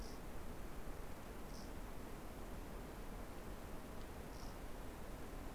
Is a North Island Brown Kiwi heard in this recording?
no